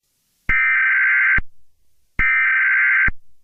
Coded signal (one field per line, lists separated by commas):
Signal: Emergency Alert System (SAME) tones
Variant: header bursts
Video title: An EAS scenario USA vs Egypt